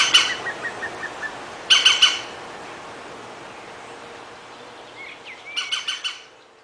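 European green woodpecker calls: short bursts of loud, harsh repeated notes in three groups, with softer descending notes between, over a steady hiss.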